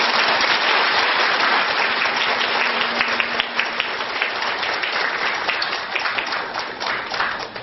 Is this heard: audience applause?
yes